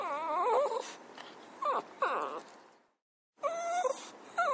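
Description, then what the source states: Dog whining with shaky, undulating cries and quick yelps, then a short silence before flatter, sustained whimpers resume. A puppy crying.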